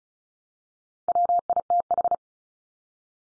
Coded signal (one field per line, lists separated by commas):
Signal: Morse code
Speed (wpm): 34 wpm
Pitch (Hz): 700 Hz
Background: none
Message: WITH